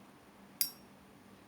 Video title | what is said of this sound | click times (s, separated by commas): Zippo: No. 200 Regular Brushed Chrome lighters- 60+ Years THEN and NOW / 芝宝原装打火机，60余年的样貌与品质变化 | now let us see let us hear his click and see the hinge tolerance | 0.6 s